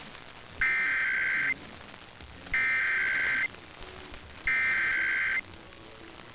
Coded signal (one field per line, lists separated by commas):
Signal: Emergency Alert System (SAME) tones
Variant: header bursts